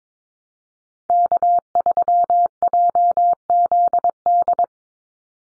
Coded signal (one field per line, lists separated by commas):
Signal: Morse code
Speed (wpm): 22 wpm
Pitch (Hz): 700 Hz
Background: none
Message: K3JZD